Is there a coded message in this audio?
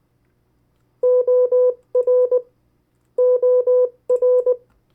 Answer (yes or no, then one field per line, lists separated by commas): yes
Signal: Morse code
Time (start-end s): 1.0-4.5 s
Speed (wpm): 20 wpm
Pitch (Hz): 500 Hz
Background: none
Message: OR OR